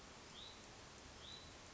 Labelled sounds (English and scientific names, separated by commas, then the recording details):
Hutton's Vireo (Vireo huttoni)
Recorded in Sonoma County, California